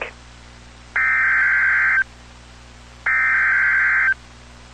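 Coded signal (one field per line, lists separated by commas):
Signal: Emergency Alert System (SAME) tones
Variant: header bursts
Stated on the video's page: EAS alert for a severe thunderstorm warning, captured from the internet.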